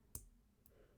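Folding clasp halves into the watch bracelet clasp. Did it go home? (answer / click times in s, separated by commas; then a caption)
yes / 0.2 s, 0.7 s. Both halves of the butterfly clasp on a gold-tone steel bracelet of a Tissot PRX Quartz Gold watch are folded shut one at a time. A sharp click sounds at 0.2 s, then a fainter second click at 0.7 s as the other side closes. The clasp is shut and seated.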